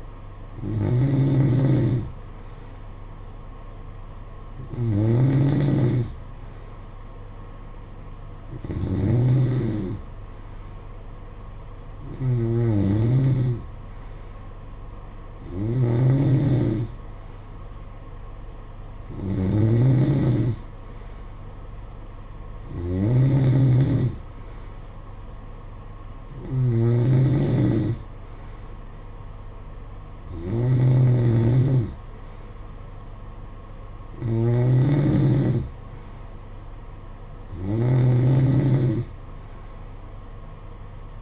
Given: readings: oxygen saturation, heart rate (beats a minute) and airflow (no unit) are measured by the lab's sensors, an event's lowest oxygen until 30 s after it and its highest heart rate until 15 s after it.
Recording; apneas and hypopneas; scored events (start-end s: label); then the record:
breathing in sleep by a smartphone at the bedside; none
none scored
From the record:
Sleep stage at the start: N2 (light sleep); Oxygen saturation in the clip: 92 to 93%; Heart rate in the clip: 54 to 58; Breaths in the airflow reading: 11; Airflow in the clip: -8.3 to 5.8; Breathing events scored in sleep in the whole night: 476 in 9.7 hours asleep